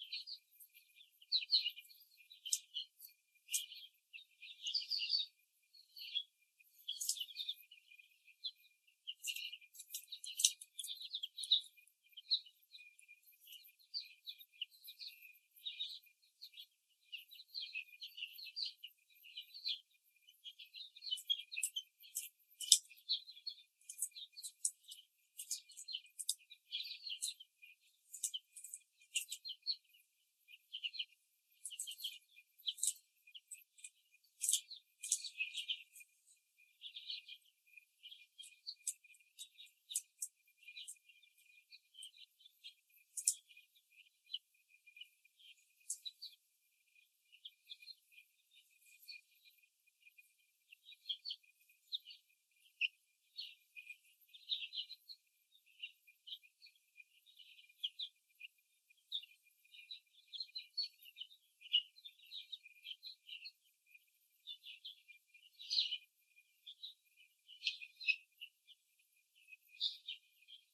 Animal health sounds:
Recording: young laying hens in a cage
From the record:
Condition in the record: before the stressor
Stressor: simulated dog barking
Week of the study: 3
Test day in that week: 1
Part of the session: 3

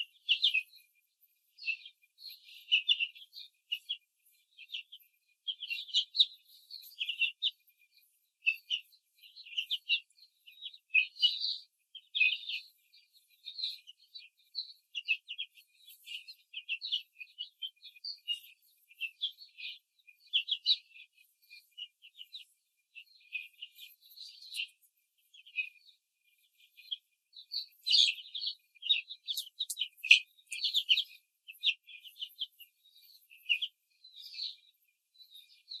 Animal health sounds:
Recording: young laying hens in a cage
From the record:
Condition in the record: control cage, before the stress test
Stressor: none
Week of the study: 4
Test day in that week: 1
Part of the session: 2

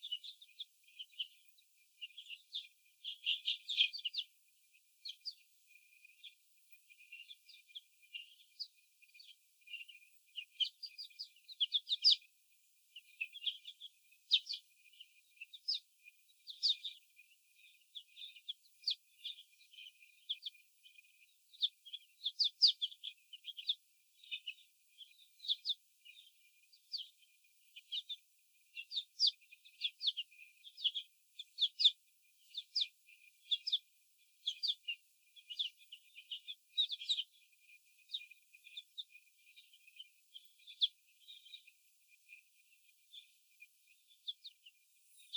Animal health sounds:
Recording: young laying hens in a cage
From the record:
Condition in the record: after the stressor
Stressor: sudden umbrella opening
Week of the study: 2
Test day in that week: 1

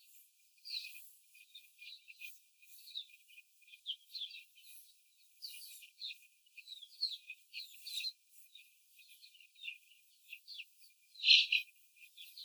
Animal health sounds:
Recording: young laying hens in a cage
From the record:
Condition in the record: before the stressor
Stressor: simulated dog barking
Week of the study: 4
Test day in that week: 1

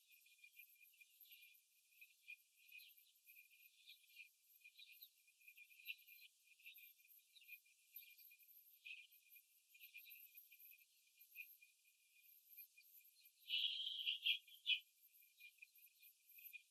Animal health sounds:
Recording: young laying hens in a cage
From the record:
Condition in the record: after the stressor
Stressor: simulated dog barking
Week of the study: 3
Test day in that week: 2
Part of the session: 3

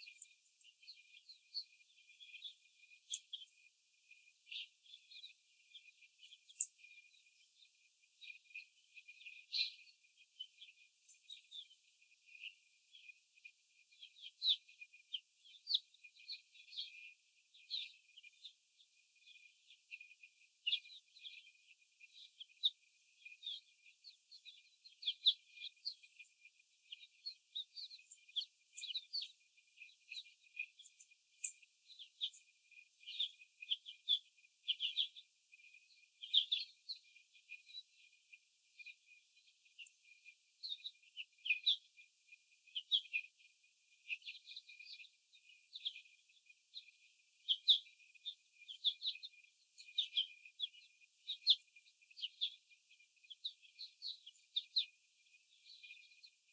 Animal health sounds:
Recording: young laying hens in a cage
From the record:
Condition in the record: after the stressor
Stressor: simulated dog barking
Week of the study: 4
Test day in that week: 3

